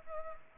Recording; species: mosquito wingbeat signal from an infrared sensor; Culex pipiens